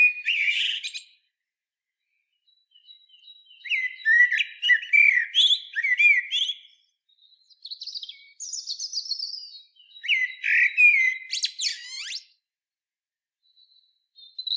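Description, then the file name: Common blackbird singing varied warbled phrases with squeaky high twitters, several bursts separated by short pauses against a silent background. "Turdus merula"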